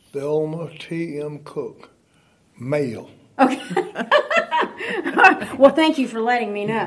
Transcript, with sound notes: Thelmer T.M. Cook, male. (laughter)
Okay, well thank you for letting me know.